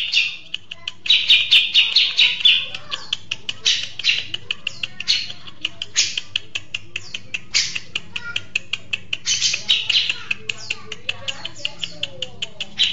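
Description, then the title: Grey-cheeked Bulbul uttering scattered harsh chatters and sharp clicking notes, with repeated louder rasping bursts and a low steady hum beneath. "Cucak Jenggot"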